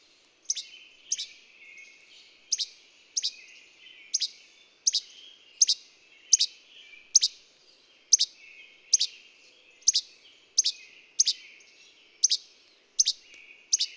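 Bird song of steady, high, sharply descending chirps, mostly paired, coming roughly every half second to second, over a soft, continuous twittering background.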